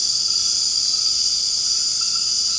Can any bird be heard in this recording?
no